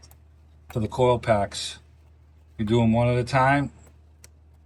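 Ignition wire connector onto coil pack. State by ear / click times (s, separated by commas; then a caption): seated / 4.2 s. A plug wire connector is pushed onto its coil pack on a 2011–2017 Jeep Compass during a spark plug replacement, one connector at a time. Someone talks, then a short, sharp click at 4.2 s marks the connector seating on the coil pack.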